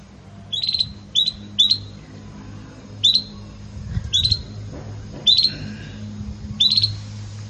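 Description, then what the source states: Belgian canary giving short, sharp high chirps, single or in quick pairs, spaced irregularly with quiet pauses between them. Pure "campainha" (bell) song style with pauses, for training.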